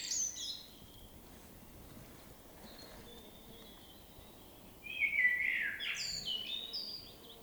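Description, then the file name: Common blackbird song: a short high twitter at the start, a quiet stretch, then a loud descending flute-like phrase ending in high thin squeaks. "Turdus merula"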